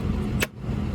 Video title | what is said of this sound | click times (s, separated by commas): Jet Truck Usage | twist it until you hear it click. | 0.4 s